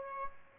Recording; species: mosquito wingbeat signal from an infrared sensor; Aedes albopictus